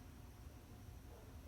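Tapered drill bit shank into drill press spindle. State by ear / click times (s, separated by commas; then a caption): not seated / none. A tapered drill bit shank is rotated up inside a drill press spindle sleeve, meant to snap into place and be held by pressure once the taper finds its sweet spot. Only a steady broadband hiss with low rumble is heard, with no sharp transients. Nothing has seated or clicked yet.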